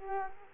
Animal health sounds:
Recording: mosquito wingbeat signal from an infrared sensor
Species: Culex quinquefasciatus

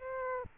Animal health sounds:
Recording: mosquito wingbeat signal from an infrared sensor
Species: Aedes aegypti

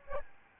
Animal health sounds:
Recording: mosquito wingbeat signal from an infrared sensor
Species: Aedes albopictus

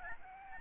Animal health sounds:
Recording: mosquito wingbeat signal from an infrared sensor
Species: Aedes albopictus

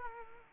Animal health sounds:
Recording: mosquito wingbeat signal from an infrared sensor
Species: Culex quinquefasciatus

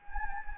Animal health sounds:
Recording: mosquito wingbeat signal from an infrared sensor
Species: Anopheles gambiae

